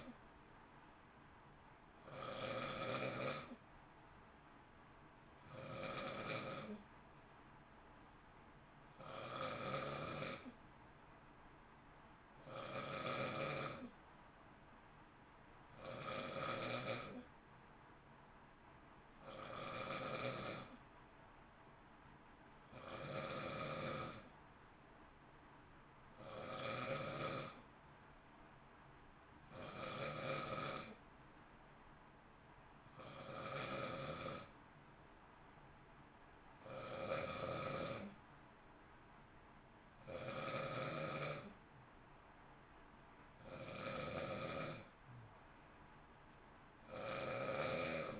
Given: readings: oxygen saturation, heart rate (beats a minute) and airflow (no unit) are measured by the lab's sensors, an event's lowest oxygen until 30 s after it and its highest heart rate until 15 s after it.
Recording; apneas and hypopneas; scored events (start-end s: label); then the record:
breathing in sleep by a voice recorder at the bedside; none
none scored
From the record:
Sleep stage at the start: N2 (light sleep); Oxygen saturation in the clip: 91 to 92%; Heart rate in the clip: 56 to 59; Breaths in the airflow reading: 17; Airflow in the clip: -0.8 to 0.7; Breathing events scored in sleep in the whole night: 328 in 6.3 hours asleep